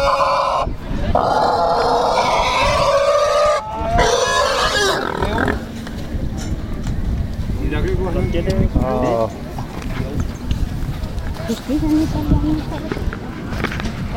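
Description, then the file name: Pig squealing loudly at first, then quieter rough grunting sounds for the rest. "cochon"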